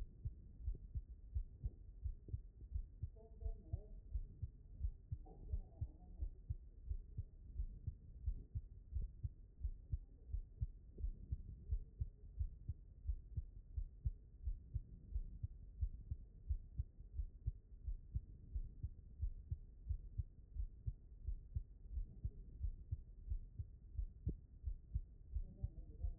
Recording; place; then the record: heart sounds by stethoscope; pulmonary valve (PV)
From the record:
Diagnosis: non-HFrEF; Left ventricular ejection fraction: 71%